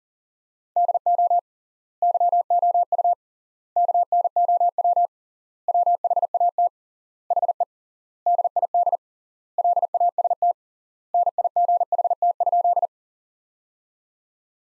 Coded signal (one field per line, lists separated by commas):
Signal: Morse code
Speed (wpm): 40 wpm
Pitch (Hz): 700 Hz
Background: none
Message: DO YOU KNOW WHAT HE DID LAST NIGHT?